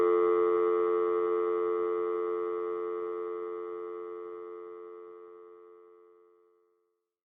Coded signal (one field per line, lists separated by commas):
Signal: telephone call progress tone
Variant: North America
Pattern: dial tone